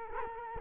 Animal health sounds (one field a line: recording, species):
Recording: mosquito wingbeat signal from an infrared sensor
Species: Culex quinquefasciatus